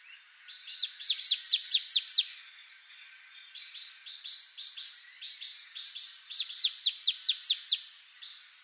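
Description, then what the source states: Marsh tit calls: a fast string of high, down-slurred notes, then softer repeated chirps, then another run of falling notes. Recorded 28 November 2013.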